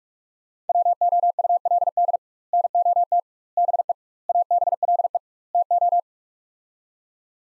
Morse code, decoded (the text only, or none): WOULD NOT BE ABLE TO